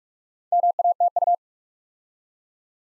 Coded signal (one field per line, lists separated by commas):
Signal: Morse code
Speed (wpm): 44 wpm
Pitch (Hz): 700 Hz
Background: none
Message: MATU